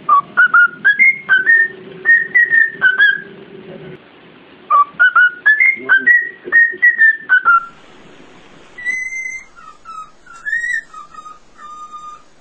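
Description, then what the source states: Cockatiel whistles in quick melodic runs of short notes, pausing, then softer wavering whistled phrases. One-hour song for training cockatiels.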